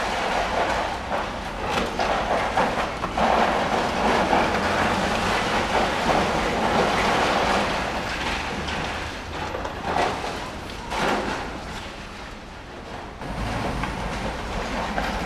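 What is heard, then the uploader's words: Building demolition runs as a dense, continuous rumble of grinding machinery and rattling debris, with a low drone underneath. Sharper crashes and clatters break through around the ten- and eleven-second marks, and the din eases briefly near thirteen seconds before picking up again. Building demolition in Berlin. Location: Berlin, near the Berlin Zoologischer Garten railway station. Recorded with Sony PCM D50.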